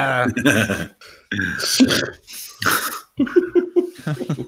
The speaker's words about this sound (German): In Stream rülpsen oder so.